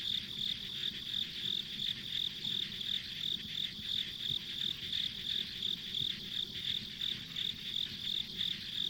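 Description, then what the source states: Insects chirping rhythmically, high pulses repeating roughly three times per second, with a steady whirring chorus behind and a soft low drone. Ambient insect sounds on a rural country road.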